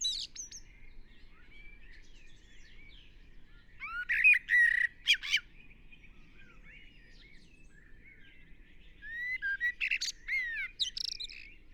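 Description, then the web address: Common blackbird song: two bursts of rich warbled phrases mixing fluted notes with squeaky high twitters, separated by a quiet pause. "SETE Turdus merula"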